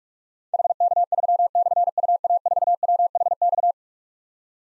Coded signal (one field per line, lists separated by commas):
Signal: Morse code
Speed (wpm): 44 wpm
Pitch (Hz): 700 Hz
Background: none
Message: HK3/UA4WHX